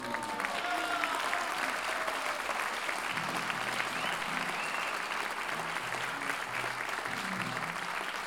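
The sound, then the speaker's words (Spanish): An audience at a Violeta Parra colloquium applauds steadily for about eight seconds, a dense, even wash of many hands clapping with a faint murmur of voices mixed in. “Así que, de verdad, y muy de corazón, pedí un aplauso enorme.”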